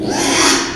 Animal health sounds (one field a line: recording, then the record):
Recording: squeal of a Yucatan mini pig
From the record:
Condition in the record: after surgery on the right vocal fold (resection and tissue-engineered implant)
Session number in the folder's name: 3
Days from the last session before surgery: 33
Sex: male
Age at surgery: 12 weeks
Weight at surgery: 13 kg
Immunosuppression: cyclosporine, prednisolone